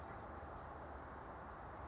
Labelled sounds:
California Towhee
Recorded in Sonoma County, California

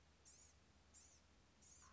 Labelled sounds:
Blue-gray Gnatcatcher
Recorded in Sonoma County, California

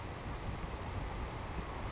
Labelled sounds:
Savannah Sparrow
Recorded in Sonoma County, California

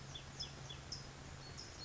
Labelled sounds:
California Towhee
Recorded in Sonoma County, California

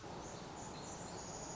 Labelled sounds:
Pacific Wren
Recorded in Sonoma County, California

